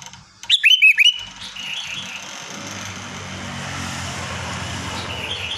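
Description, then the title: Sooty-headed bulbul song, a single short burst of bouncy whistled notes early on, followed by a steady engine drone. "Kutilang"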